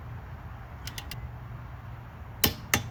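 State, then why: Torque reached. A click-type torque wrench set to 100 ft-lb is pulled on a wheel lug nut of a 1999 Buick LeSabre during a snow tire change, tightened in a star pattern. Three faint ticks come before two sharp, loud clicks at 2.4 s and 2.7 s, confirming the set torque is reached. The nuts took a bit further than expected because they had first been run on with an 80-pound torque stick.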